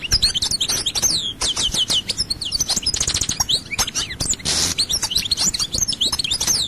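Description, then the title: European goldfinch song, a continuous lively jumble of sweet high twitters, chirps and buzzy trills, including a brief harsh nasal buzz midway. "Chant Chardonneret"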